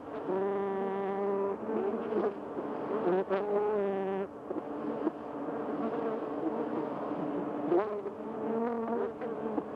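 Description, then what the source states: Bee buzzing, a humming drone that rises and falls in pitch, with several brief dips and surges in loudness. Recorded 28 May 2005.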